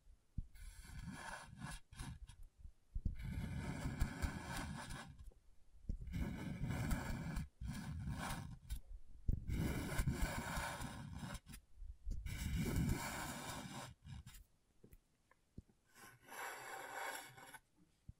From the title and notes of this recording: ASMR Brain Tingling Scratchboard (No Talking).